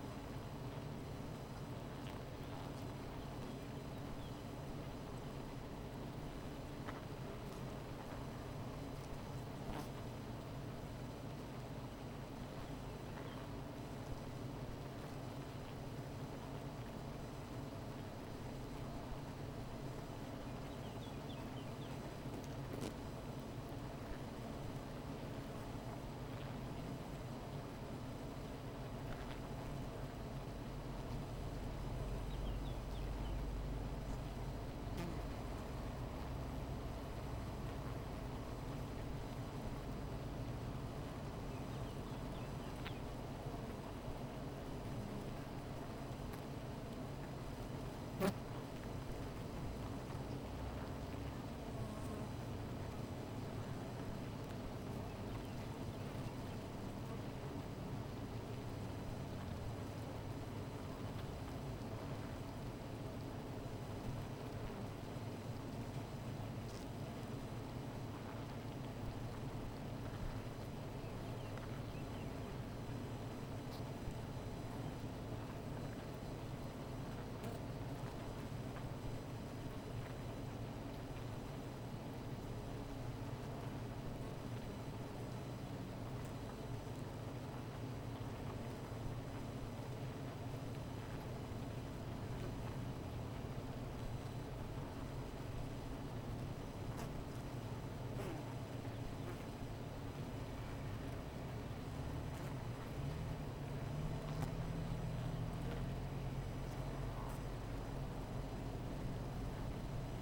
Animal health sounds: honeybee colony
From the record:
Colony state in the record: missing queen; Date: 14 July 2017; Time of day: 16:24

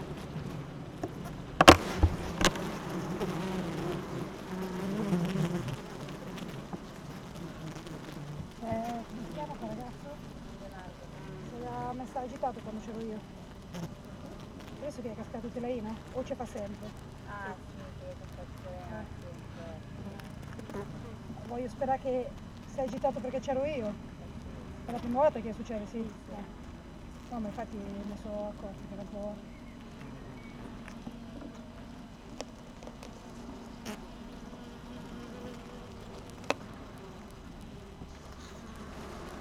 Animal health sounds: honeybee colony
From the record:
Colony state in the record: active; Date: 12 June 2018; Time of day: 7:47

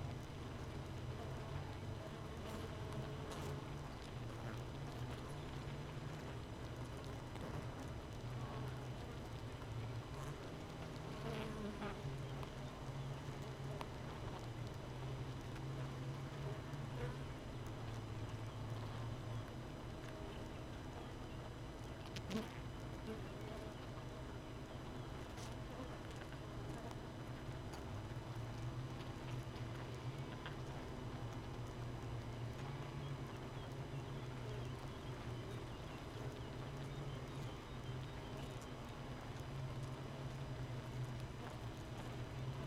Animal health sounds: honeybee colony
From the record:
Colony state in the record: missing queen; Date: 31 May 2018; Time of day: 5:05

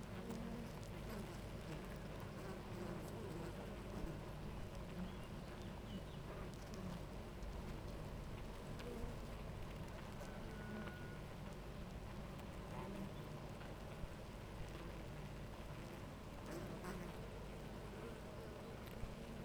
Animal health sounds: honeybee colony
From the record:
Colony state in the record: active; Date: 28 July 2017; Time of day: 9:32

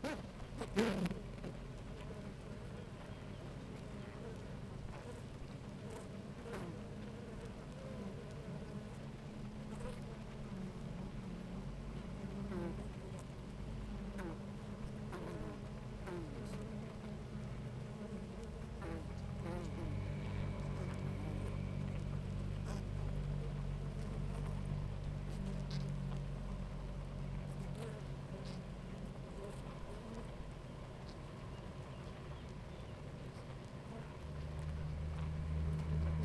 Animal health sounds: honeybee colony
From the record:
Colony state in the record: active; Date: 28 July 2017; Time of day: 10:19

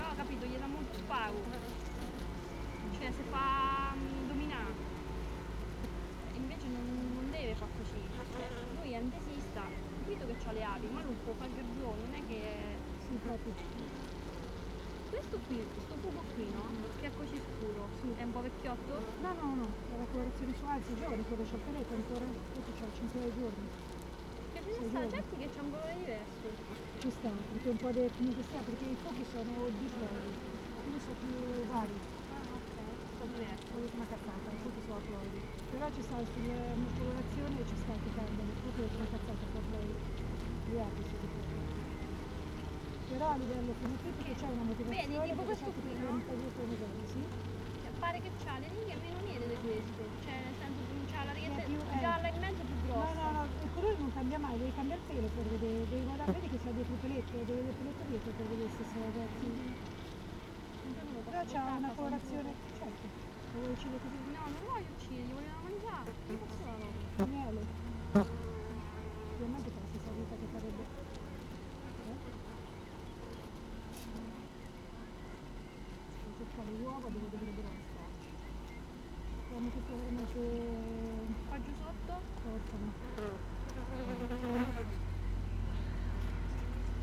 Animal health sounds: honeybee colony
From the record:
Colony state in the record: missing queen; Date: 31 May 2018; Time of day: 16:10

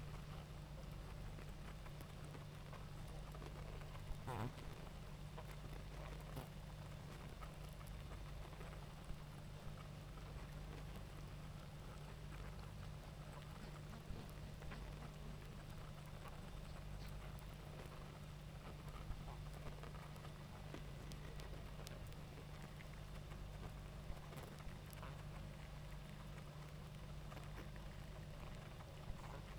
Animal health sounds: honeybee colony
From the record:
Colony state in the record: active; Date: 28 July 2017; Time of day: 19:11

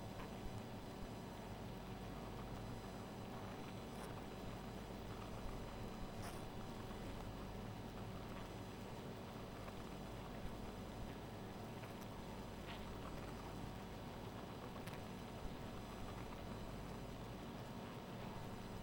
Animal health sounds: honeybee colony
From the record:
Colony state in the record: missing queen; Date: 14 July 2017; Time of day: 1:16

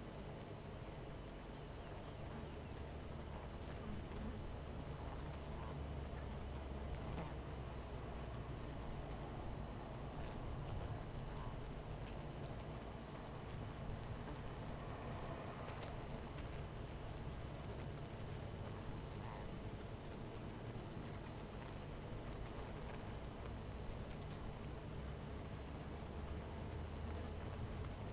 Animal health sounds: honeybee colony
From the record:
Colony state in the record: missing queen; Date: 14 July 2017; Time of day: 18:13

